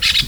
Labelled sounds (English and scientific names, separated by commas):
Brown-throated Parakeet (Eupsittula pertinax) contact call